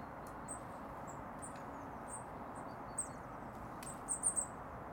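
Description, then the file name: Eurasian blue tit calling with scattered thin high notes, ending in a brief louder burst of rapid notes, against broad low background noise. "Cyanistes caeruleus"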